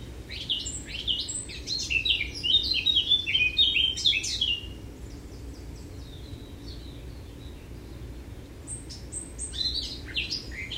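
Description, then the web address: Eurasian blackcap pouring out a dense warbled phrase of quick chirps and whistles, a pause, then another shorter twittering phrase, with steady low background noise. "SETE data Sylvia atricapilla"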